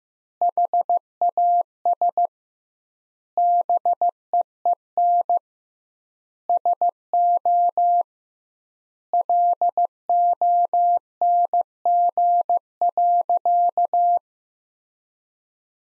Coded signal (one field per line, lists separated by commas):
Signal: Morse code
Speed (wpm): 15 wpm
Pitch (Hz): 700 Hz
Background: none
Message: HAS BEEN SO LONG.